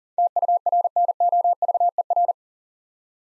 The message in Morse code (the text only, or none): TURNOVER